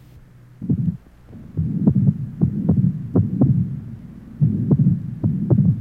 Age 59, rheumatic mitral stenosis and insufficiency, mitral area.